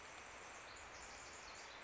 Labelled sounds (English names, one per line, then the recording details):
Pacific Wren
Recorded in Sonoma County, California